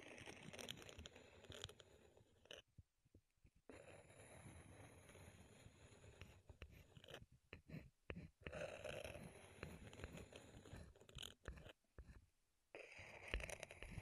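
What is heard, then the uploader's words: Wooden ASMR triggers: dense scraping and crunching that rasps and crackles almost without a break, with a soft low rumble underneath. Several abrupt near-silent gaps interrupt it, around the three-second mark, near eight seconds, and twice between eleven and thirteen seconds. ASMR Wood Triggers in Your Ears (No Talking).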